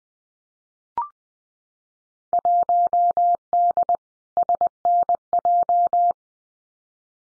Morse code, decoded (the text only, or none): 1D SNJ